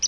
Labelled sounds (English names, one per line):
Palm Warbler flight call